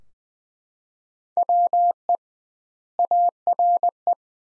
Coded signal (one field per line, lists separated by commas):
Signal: Morse code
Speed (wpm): 20 wpm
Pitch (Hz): 700 Hz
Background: none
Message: WE ARE